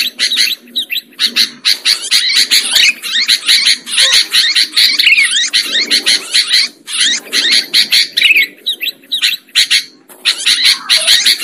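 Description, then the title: Lovebird chatter: dense, rapid shrill chirps and squeaky trills running almost continuously, with short pauses between bursts. Lovebird sound used as a lure for trapping birds. "PIKAT BURUNG LOVEBIRD"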